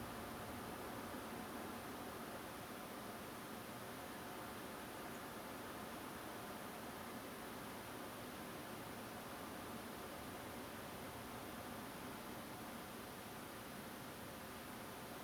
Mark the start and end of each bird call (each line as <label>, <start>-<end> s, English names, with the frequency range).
Song Thrush (6.4-8.5 kHz), 5.14-5.18 s